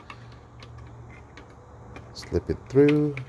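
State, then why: Not seated. A plastic filter cover for a Potulas (BU0985S-0768mn) True HEPA air purifier is lined up on the alignment tabs and guide of the purifier body before being slipped through. Only soft handling taps are heard at about 0.1, 0.6, 1.4 and 2.0 seconds, and someone talks near the end. Nothing has seated or clicked yet.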